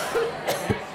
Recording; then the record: coughing mixed with background sound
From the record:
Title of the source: Coughing Woman Sound - Woman Cough Sound Effect